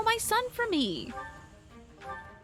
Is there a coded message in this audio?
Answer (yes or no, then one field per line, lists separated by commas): no